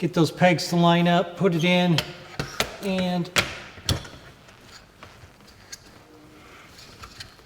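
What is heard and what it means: The mounting ring of a Nanlite Rapid 120 Parabolic Softbox is lined up with the pegs on an LED video light head and pushed on while someone talks. Sharp handling knocks follow at about 3.9, 5.0, 5.7 and 7.2 seconds as the talk fades. The ring has not yet been rotated to lock, so nothing has seated or clicked yet.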